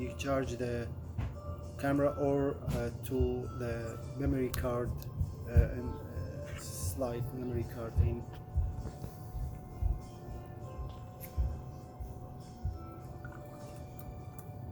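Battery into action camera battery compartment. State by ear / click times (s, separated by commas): not seated / none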